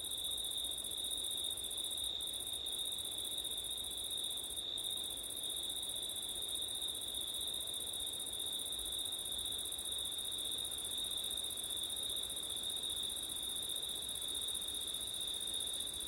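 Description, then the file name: Continuous shrill cricket chorus on two steady pitches, with a few brief gaps in the upper band early on. Crickets on a September night, with wind; ORTF microphone setup. "crickets wind september night ortif"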